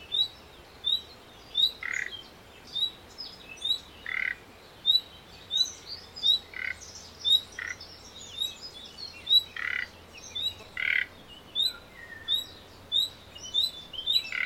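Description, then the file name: Common nightingale calls: short high whistled notes repeated steadily, with occasional harsh rasping croaks mixed in. "Luscinia megarhynchos"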